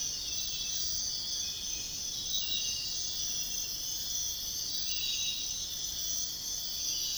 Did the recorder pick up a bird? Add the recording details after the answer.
no. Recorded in dense forest near Puerto Asís, Putumayo, Colombia, on 19 February 2024 at 05:30. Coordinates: 0.502, -76.324. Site G6370